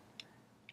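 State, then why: Released. The plastic gun of a FansProject Causality CA-12 Last Chance transforming robot toy is split into two halves while the toy is changed into vehicle mode. Two short, sharp plastic ticks are heard at 0.2 s and 0.7 s as the pieces unclip, and the gun halves are released from each other.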